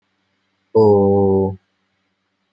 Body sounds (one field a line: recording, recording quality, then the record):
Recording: sustained vowel as in boot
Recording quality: excellent, no background noise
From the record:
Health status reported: healthy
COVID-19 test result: not tested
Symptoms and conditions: asthma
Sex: male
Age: 22 years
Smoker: not ticked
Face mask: not worn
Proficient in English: yes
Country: India